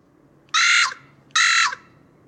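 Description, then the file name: Carrion crow calls: two harsh, hoarse caws, each about a third of a second long, spaced roughly 0.8 seconds apart, with quiet background between them. "Corvus corone"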